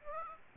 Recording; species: mosquito wingbeat signal from an infrared sensor; Aedes aegypti